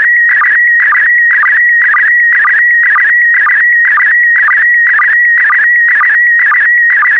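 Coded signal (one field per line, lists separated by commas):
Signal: SSTV (slow-scan television)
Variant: PD120 mode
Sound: warbling tone near 1.9 kHz with rhythmic buzzy chirps about twice a second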